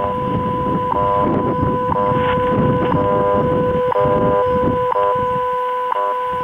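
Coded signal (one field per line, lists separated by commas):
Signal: radio time signal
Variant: WWV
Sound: steady low audio tone with a short tick each second, six ticks, under static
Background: radio static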